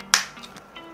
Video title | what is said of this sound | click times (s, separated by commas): 스토케 요요3 조립하는 방법? 이 영상 하나만 보면 끝!ㅣ스토케 베이비젠 요요3 언박싱 & 조립법 [How to assemble STOKKE Yoyo 3] | 조준을 한 다음에이 버튼 눌러서 딸깍 | 0.1 s